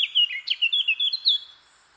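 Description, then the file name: Eurasian blackcap song: a fast, fluty warbled phrase of clear whistled notes, some sharply dropping, delivered in a steady run. "Sylvia atricapilla"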